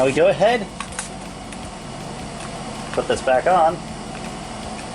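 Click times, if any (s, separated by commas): none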